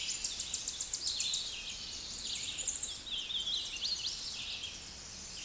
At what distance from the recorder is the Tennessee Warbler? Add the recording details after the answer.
about 10 m. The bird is about level with the microphone. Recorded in a Pennsylvania forest on 16 May 2024 at 09:40. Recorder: AudioMoth, point MSD-1411. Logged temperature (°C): 16.1 °C. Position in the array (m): 29 m, 189 m